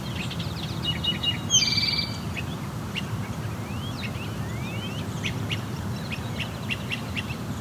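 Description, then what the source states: Great crested flycatcher calls: a harsh buzzy rattling burst about a fifth of the way in, then several rising whistled notes, among many short chirps over a steady low rumble. Several birds, possibly up to four, fighting then flying off; acoustically urban area deeply affected by the number of people living around.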